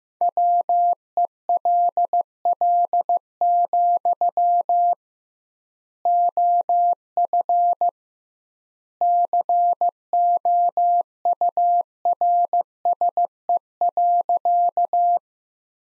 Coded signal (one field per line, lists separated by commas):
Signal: Morse code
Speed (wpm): 16 wpm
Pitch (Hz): 700 Hz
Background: none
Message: WELL, OF COURSE.